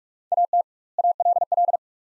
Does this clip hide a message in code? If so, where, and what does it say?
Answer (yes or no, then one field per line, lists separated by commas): yes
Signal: Morse code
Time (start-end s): 0.3-1.8 s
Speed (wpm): 47 wpm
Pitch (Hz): 700 Hz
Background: none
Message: AT ALL